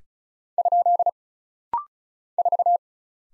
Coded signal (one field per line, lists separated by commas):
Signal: Morse code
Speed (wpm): 34 wpm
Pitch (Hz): 700 Hz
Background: none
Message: ? 4